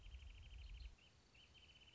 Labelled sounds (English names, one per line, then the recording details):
Wrentit
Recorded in Sonoma County, California